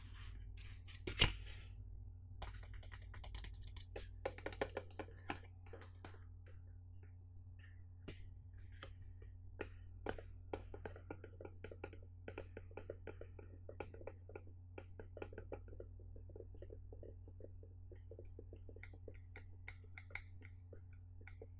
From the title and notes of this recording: Box Tapping Overdose Mega Relaxing Binaural Sounds. Gusti found some boxes and decided to tap on them for you.